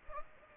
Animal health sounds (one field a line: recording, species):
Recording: mosquito wingbeat signal from an infrared sensor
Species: Anopheles gambiae